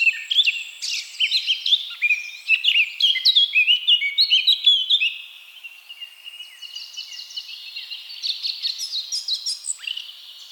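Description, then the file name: Eurasian blackcap song, loud dense scratchy warbling for about five seconds, then a softer continuing twitter with a few whistled notes. "Sylvia atricapilla"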